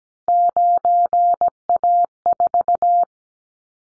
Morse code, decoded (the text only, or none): 9A4